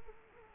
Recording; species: mosquito wingbeat signal from an infrared sensor; Culex quinquefasciatus